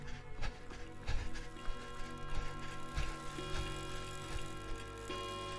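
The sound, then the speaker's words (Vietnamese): A clock ticks in sharp, dry clicks at a steady pace, set against a dense, sustained musical drone that fills the background throughout. “Đồng hồ đã chỉ qua 3 giờ sáng.”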